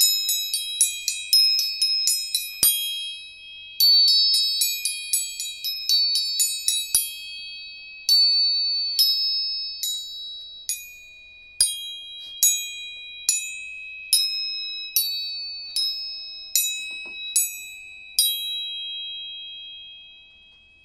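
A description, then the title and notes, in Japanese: Tuning forks are struck again and again, giving bright, high metallic pings over a steady ringing tone that lingers throughout. For the first seven seconds the strikes come in quick clusters; after that they fall about once a second, each ring fading before the next. 音叉チューニング。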